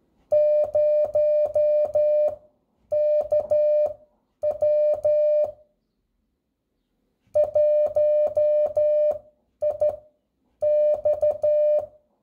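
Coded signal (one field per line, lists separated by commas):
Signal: Morse code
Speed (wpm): 12 wpm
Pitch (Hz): 600 Hz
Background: none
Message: 0KW 1IX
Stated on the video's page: Radiotelegraphy: telegraphic signals keyed onto a radio carrier wave.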